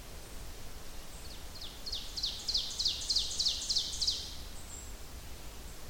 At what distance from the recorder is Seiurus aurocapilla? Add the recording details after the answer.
about 50 m. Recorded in boreal forest in Alberta, Canada, on 30 June 2016 at 07:09. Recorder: SongMeter 3, array SBT-6-79. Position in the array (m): 214 m, 20 m. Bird 39